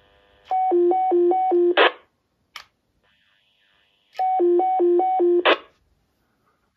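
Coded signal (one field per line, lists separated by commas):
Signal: roger beep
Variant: President George II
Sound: rapid two-tone warble alternating high and low six times, ending with a hiss burst, repeated twice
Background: radio static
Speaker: hier ist es schon der fünfte gefühlt eindeutig der längste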